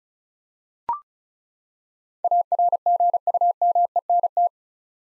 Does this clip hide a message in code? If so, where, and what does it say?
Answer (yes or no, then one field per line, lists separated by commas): yes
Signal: Morse code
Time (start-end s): 2.2-4.5 s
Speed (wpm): 34 wpm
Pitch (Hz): 700 Hz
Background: none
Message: ARGUMENT